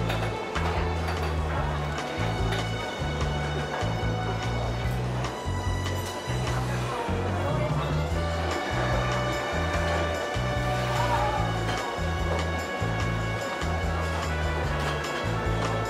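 Seaside cafe ambience with steady chatter from many voices and music playing throughout, its deep bass notes pulsing in a regular pattern about every second. Sustained tones hang over the murmur, and the overall level stays even with no standout events.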